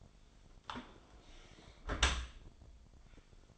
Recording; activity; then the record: daily activity, microphone in the room; close dishwasher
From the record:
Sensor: 5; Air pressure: 1003.2 hPa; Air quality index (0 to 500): 130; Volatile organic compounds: 1 ppm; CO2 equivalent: 948 ppm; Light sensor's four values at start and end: 90/217/92/105 and 87/209/89/101